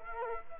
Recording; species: mosquito wingbeat signal from an infrared sensor; Culex quinquefasciatus